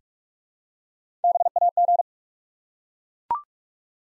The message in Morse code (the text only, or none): BAG